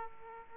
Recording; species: mosquito wingbeat signal from an infrared sensor; Aedes aegypti